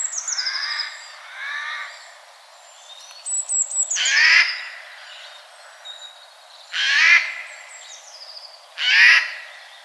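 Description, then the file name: Eurasian jay screeches: softer rasping calls at the start, then three loud, harsh bursts spaced a few seconds apart. Thinner whistled notes from other birds are heard between them. "Garrulus glandarius"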